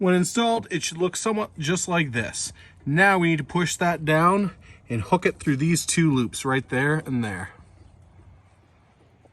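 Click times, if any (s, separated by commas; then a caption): none. On a Volvo 740, the plastic fuel filler door bracket is lined up, pushed down and hooked through two loops on the body hooks, ahead of the thumb press that snaps it home. Someone talks throughout, then the sound fades to quiet near the end. Nothing has seated or clicked yet.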